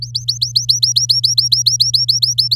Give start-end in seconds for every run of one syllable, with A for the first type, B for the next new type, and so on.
0.02-2.55 A